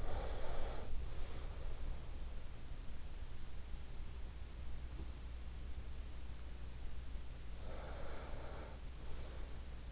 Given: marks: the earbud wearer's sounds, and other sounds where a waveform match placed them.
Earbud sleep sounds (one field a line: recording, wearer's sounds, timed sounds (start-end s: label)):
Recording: sounds in sleep by an in-ear microphone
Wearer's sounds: breath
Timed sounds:
0.00-2.09 s: breath
7.78-9.69 s: breath